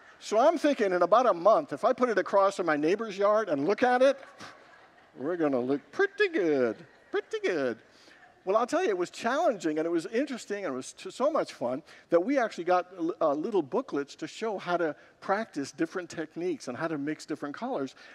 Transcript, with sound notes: So, I’m thinking in about a month, if I put it across in my neighbor’s yard and look at it, we’re going to look pretty good. [Congregants laugh] Pretty good! Well, I’ll tell you, it was challenging, and it was interesting, and it was so much fun that we actually got little booklets to show how to practice different techniques and how to mix different colors.